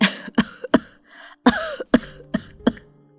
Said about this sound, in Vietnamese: Tiếng gọi xen lẫn tiếng ho của bà chỉ được mỗi Biên nghe thấy.